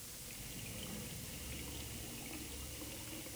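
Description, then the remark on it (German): Water runs steadily from an open tap, left on a long time while someone takes a glass of water: a continuous soft hiss and gurgle that stays even throughout, with no voices over it. “Mensch, und deswegen lässt du so lange den Hahn offen?”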